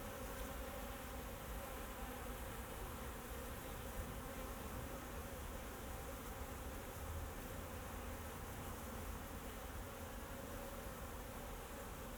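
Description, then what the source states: Bees hum steadily for the whole stretch, a thick unbroken buzz with low tonal bands and a background rumble. Bees flying around the recordist in Jacques Brelpark, Kersbeeklaan, Vorst, Belgium; train in background; recorded binaurally with a Sennheiser Ambeo binaural headset.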